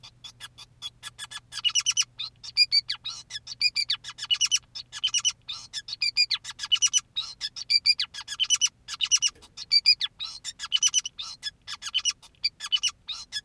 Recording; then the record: song of a male Bengalese finch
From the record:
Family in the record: son of father 2, and himself father 5